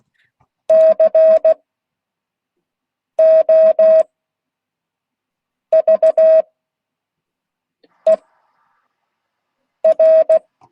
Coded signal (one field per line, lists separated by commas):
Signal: Morse code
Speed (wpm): 16 wpm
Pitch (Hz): 630 Hz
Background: none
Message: COVER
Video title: Monday 2022-08-15 Morse code class